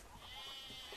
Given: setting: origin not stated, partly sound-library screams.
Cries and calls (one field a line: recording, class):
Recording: one-second piece from a danger detection set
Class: normal situation